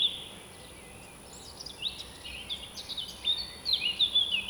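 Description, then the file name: Birds singing, with quick high chirps and twittering phrases that get busier toward the end, over a constant faint hiss and a thin steady high tone. Birds singing at dawn in Alvalade. "Passaros madrugada Alvalade"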